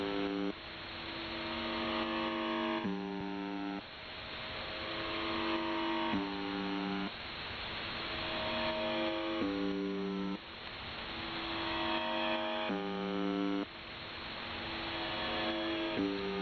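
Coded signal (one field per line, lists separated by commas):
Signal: channel marker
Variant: UVB-76 (The Buzzer)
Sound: harsh low buzzes, about one second each, repeating roughly every three seconds, five heard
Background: radio static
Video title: UVB-76 (4625 kHz) Strange white noise 18:35 UTC (Noise starts at 3:15)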